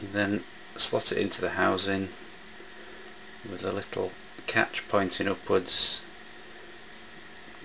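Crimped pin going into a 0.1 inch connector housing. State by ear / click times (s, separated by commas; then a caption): not seated / none. A hand-crimped 0.1 inch pin is turned so its small catch points upwards and lines up with the slots in a plastic 0.1 inch connector housing, ready to be pressed in. Someone talks over a quiet, steady background hum. Nothing has seated or clicked yet.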